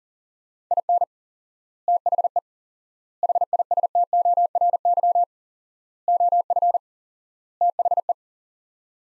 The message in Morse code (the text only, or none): IN THE HISTORY OF THE